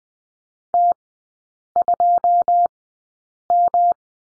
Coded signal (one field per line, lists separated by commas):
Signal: Morse code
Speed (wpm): 20 wpm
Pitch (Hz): 700 Hz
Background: none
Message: T2M